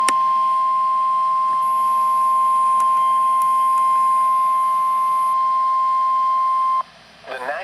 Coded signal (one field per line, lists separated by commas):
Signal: Emergency Alert System (SAME) tones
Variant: 1050 Hz attention tone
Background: speech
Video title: Severe Thunderstorm Warning #16 (EAS #26) (6/12/2023)